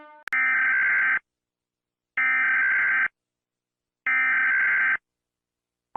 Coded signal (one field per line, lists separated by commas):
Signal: Emergency Alert System (SAME) tones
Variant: header bursts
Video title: North American EAS Alarm